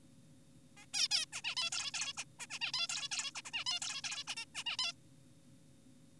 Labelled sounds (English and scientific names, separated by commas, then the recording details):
Zebra Finch (Taeniopygia guttata)
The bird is an adult
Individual g4p5U